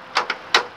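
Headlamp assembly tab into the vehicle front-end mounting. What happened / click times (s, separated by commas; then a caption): A plastic tab snapped into its mounting / 0.6 s. The headlamp assembly on a 2005 Ford E350 shuttle bus is pushed down so its small plastic tabs snap into the front-end mounting. Two lighter clicks at 0.2 and 0.3 seconds are followed by a louder, sharper snap at 0.6 seconds. The tab is confirmed seated in place.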